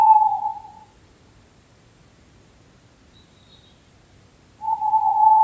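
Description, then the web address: Owl hoots: the tail of one steady whistled note, a long silent gap, then the next level, mellow note beginning. Recorded in May 2023. "2023 05 luz sova"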